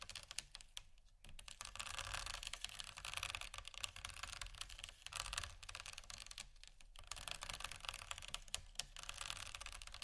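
Rough scratching over bumpy items runs almost without pause, a dense, bright rasp made of many rapid small clicks and ticks. Brief gaps break it near one, five and seven seconds, and a low rumble sits underneath throughout, steady.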